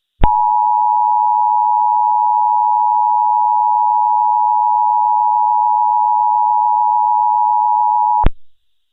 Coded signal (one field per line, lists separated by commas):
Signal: Emergency Alert System (SAME) tones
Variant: 853 and 960 Hz attention tone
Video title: EAS Mini Scenario - The Second Coming